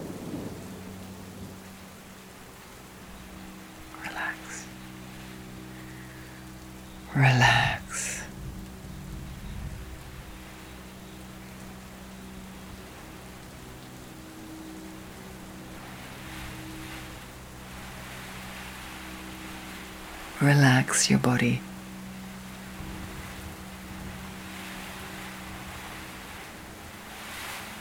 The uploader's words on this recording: Guided sleep meditation with background storm and rain sounds.